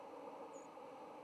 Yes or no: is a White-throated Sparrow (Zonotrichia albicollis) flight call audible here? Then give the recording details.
yes. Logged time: 10:35 on 10 November 2014